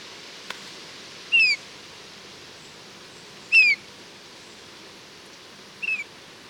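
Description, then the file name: Eurasian bullfinch giving soft, piping descending whistles, three separate notes spaced about two seconds apart, the last fainter, over a steady hiss. "Pyrrhula pyrrhula"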